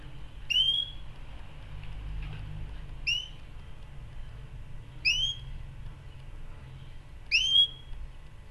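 Canary calls: four single high rising whistled notes, each a quick upslurred tweet, spaced about two seconds apart over a low steady hum.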